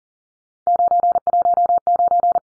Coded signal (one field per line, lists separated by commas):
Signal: Morse code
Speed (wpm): 40 wpm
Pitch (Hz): 700 Hz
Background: none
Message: 919